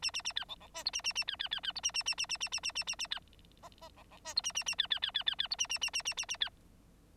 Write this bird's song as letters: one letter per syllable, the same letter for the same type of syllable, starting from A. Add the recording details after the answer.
A A A B C C D E A A A B B B B E A A A A A A A A A A A B F F C C D E A A A B B B B B B E A A A A A A A B. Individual Bird9